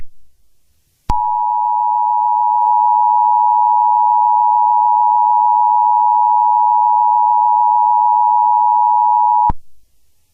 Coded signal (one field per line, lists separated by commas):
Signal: Emergency Alert System (SAME) tones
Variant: 853 and 960 Hz attention tone